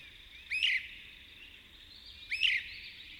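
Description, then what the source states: Great crested flycatcher singing, two short whistled notes nearly two seconds apart. Male's dawn song, a leisurely sequence of rich wavered whistles, heard only at first light; a signature sound of the pine woods; Apalachicola.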